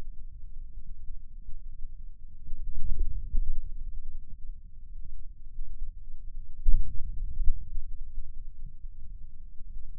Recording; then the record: forearm muscle sounds (acoustic myography)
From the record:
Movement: wrist extension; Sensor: system 2, bracelet of six BSWA MPA416 microphones around the upper forearm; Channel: 1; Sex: male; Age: 22 years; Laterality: right